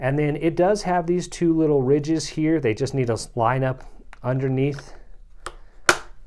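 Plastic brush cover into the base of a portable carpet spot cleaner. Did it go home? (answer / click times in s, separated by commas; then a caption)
yes / 5.9 s. Someone talks while lining up the two small ridges of the plastic brush cover under the lip on the base of a Bissell Pet Stain Eraser PowerBrush portable carpet spot cleaner after swapping the brush, then presses the cover down. A loud, sharp snap at 5.9 s is the cover seating into place.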